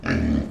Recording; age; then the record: pig call; growing-finishing pig (85 days or more)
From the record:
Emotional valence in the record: negative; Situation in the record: barren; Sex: female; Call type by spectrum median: low-frequency call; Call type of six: low-frequency modulated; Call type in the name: low-frequency modulated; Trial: 1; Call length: 0.50 s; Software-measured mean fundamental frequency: 40 Hz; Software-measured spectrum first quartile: 183 Hz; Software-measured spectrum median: 315 Hz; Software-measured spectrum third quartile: 1172 Hz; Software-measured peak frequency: 235 Hz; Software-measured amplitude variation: 193 dB a second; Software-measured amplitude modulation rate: 30.8 a second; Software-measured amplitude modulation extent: 6.2 dB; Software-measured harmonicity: -0.2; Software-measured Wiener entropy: -2.24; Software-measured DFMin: 1269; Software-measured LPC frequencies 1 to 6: 266, 1665, 2382, 4024, 4536, 5631 Hz